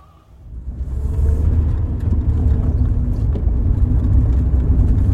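After a brief quiet start, a car's low engine rumble swells up and holds steady, a dense continuous drone with faint road hiss riding above it and no voices.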